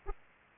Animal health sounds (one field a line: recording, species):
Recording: mosquito wingbeat signal from an infrared sensor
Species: Aedes aegypti